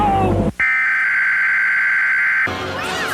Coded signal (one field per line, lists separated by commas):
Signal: Emergency Alert System (SAME) tones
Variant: header bursts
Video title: perfect timing eas alerts (mock edition)